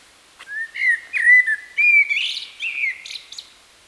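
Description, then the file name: Common blackbird song: a run of smooth whistled notes rising and falling, then a scratchy high twitter to finish. "Turdus merula"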